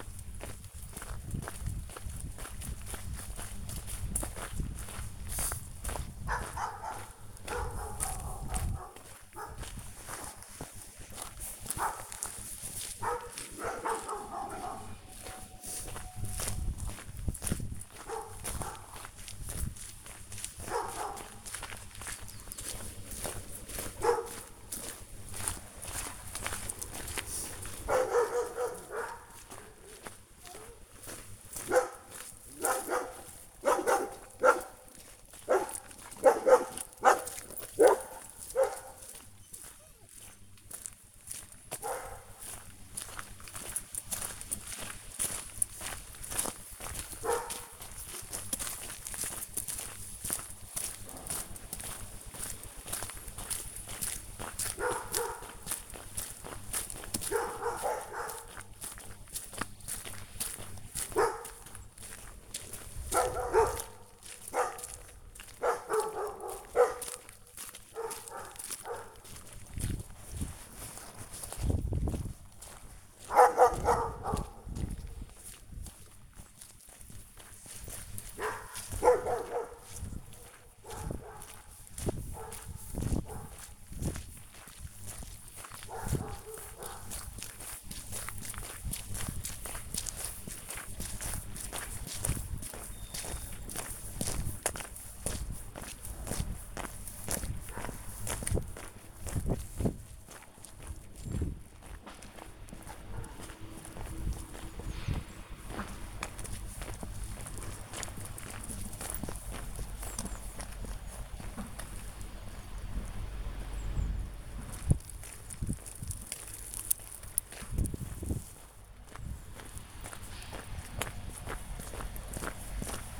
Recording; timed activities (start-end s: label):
household activities, microphone on the right wrist
0.00-123.20 s: going for a walk with dog